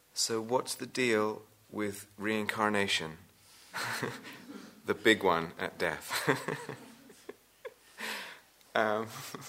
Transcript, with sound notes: "So what's the deal with reincarnation?" [laughter] "The big one, at death."